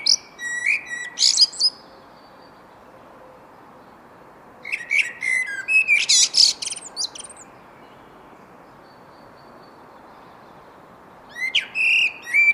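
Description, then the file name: Eurasian blackbird song in three bursts, fluty warbled notes sliding into thin, scratchy high chatter, with long silent gaps between phrases. "Turdus merula"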